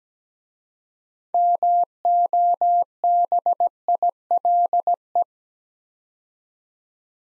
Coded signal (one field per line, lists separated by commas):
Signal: Morse code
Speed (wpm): 17 wpm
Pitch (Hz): 700 Hz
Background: none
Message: MOBILE